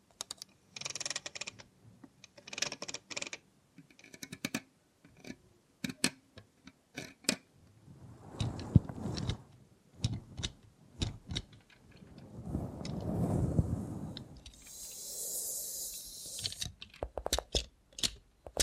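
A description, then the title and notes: Tapping and clicking sounds from a robot hand, made for ASMR, come in irregular bursts of sharp taps like typing on a keyboard. Softer rustling swells rise around 8 and 13 seconds, and a bright hissing scrape runs near 15 to 16 seconds. Try ASMR with a Robot Hand (No Talking).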